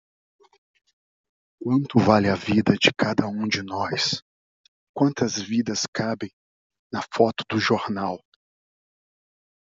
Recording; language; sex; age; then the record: spoken sentence; Brazilian Portuguese; male; 30 to 39 years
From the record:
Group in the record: control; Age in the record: 35 years